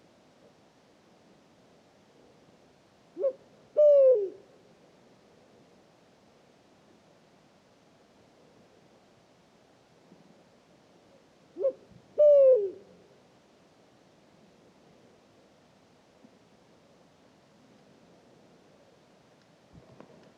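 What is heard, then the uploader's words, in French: A Pharaoh eagle-owl calls twice, around 3–4 and 12 seconds, each a short note then a deep, strong hoot over quiet low hiss. Oued Enoicre - Mauritanie - Tlp7 - Mixpre3. Il est 3h du matin. Dans la nuit totalement noire j'avance avec la parabole dans la direction et au bout d'une demi heure je suis à dix mètres de l'oiseau. Le Grand-duc ascalaphe (Bubo ascalaphus) chante.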